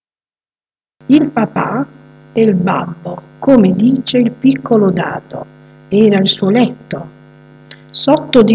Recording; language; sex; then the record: read passage; Italian; female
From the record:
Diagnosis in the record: healthy control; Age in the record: 62 years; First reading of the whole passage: 101 s, 4.7 characters per second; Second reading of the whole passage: 77 s, 5.9 characters per second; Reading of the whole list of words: 66 s, 3.9 characters per second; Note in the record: marked for poor recording quality or reading difficulty